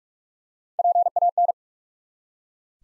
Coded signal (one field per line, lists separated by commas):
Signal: Morse code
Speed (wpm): 43 wpm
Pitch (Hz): 700 Hz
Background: none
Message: PAN